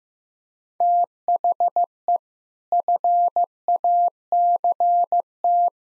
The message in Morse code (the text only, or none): THE FACT